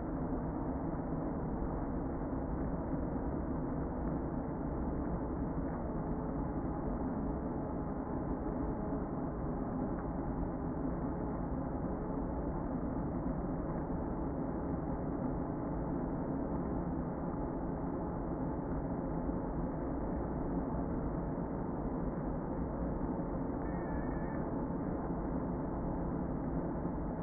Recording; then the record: honeybee colony, microphone inside the hive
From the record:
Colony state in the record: queen present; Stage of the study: before two queens were removed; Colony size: about 60,000 bees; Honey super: yes